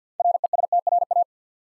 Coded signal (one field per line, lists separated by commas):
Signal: Morse code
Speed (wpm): 50 wpm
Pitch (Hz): 700 Hz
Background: none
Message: RESTRA